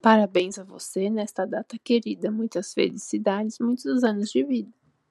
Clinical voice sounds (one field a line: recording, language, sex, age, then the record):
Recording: short text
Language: Brazilian Portuguese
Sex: female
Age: 30 to 39 years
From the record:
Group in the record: control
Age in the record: 38 years